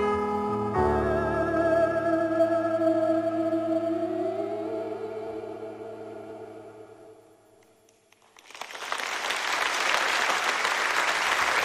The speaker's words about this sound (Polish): My też bijemy brawo.